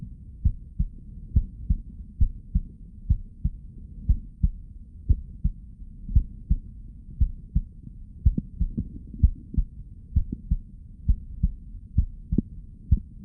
Stethoscope chest heart heartbeat blood flow.